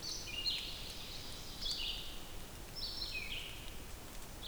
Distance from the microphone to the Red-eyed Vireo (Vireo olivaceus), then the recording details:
about 50 m. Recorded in boreal forest in Alberta, Canada, on 2 June 2016 at 08:00. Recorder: SongMeter 3, array SBT-3-7. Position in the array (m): 106 m, 124 m